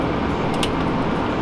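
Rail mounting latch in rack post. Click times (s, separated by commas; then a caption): 0.6 s. A rail piece for a Lenovo x3550 M4 rack-mounted server is pushed into the rack post's mounting point over a steady background hum. A sharp click at 0.6 s is the rail's mounting latch locking into place, and the rail is seated.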